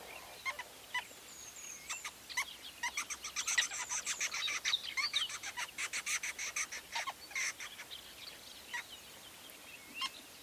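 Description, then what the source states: Weaver chirps, quick high ticking notes speeding into a dense cluster midway, then thinning out to a few calls. Recorded at a large weaver nest in Etosha National Park, Namibia.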